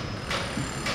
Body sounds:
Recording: background sound without coughing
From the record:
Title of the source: 30 MINUTES Construction Site Ambience (CC BY 4.0)

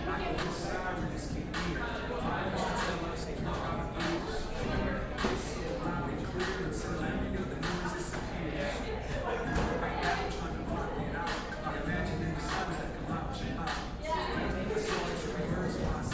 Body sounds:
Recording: background sound without coughing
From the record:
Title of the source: 60 minutes of coffee shop sounds for study and concentration

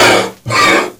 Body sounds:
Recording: coughing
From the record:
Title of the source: Cough Around the Clock!

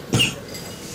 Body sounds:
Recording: coughing mixed with background sound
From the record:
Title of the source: Spring Cold Coughing.

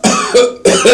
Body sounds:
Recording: coughing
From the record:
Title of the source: Residual Phlegmy Morning Coughing and Gagging

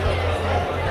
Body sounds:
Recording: background sound without coughing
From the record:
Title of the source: CITY SOUNDS Busy Bar in the Evening Night - 2 HOURS of Ambiance for Relaxation

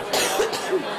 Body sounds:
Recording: coughing mixed with background sound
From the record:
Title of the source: 30 Chesty and wet cough

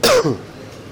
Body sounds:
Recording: coughing mixed with background sound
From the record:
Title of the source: Coughing 60

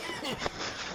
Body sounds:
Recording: coughing mixed with background sound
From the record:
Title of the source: Dry Afternoon Cough

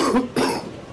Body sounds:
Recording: coughing mixed with background sound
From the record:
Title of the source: Coughing 77

